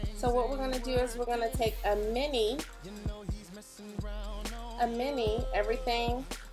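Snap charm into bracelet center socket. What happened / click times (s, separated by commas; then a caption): A small snap part is handled but not yet pressed home / none. A small mini snap-button charm is being handled before it is pressed into the pink center socket of a rhinestone bracelet band with diamonds and crystallized stones throughout. Someone talks over music, and nothing has seated or clicked yet.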